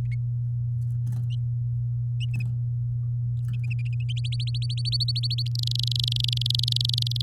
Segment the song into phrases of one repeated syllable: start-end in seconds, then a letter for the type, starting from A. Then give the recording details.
4.17-5.42 A, 5.46-7.21 B. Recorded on 8 May 2018 at 10:11. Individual llb16